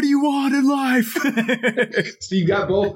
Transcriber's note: laughing